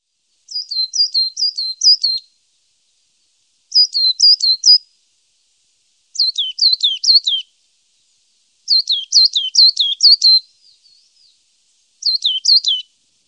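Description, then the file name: Coal tit song of sharp, high, downslurred notes in five short bursts of several notes each, with short pauses between them. "Svartmes"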